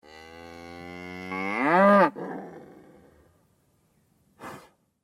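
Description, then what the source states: Cow mooing: a long, low, rough moo that rises in pitch and swells to a loud peak, then drops abruptly to a softer fading tail, followed later by a short breathy snort. Cow on a farm.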